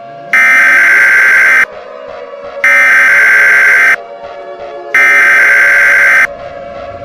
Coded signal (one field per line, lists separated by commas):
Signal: Emergency Alert System (SAME) tones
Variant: header bursts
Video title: Gamma Ray Burst: A Summer Slam Event EAS Mock